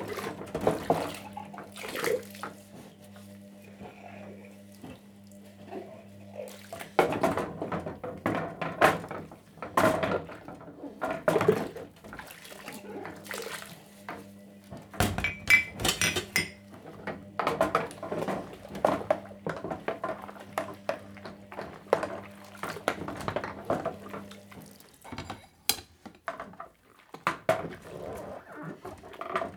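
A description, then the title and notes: Washing up at a sink: dishes and cutlery clatter and clink in quick, irregular bursts while water splashes on and off. A steady low hum runs underneath for most of the clip, dropping out near the end. Washing up.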